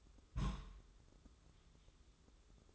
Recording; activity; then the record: daily activity, microphone in the room; place on stove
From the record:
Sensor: 3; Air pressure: 995.4 hPa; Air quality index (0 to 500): 86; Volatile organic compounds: 8 ppm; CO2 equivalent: 2092 ppm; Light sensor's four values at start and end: 26/79/33/28 and 26/79/33/28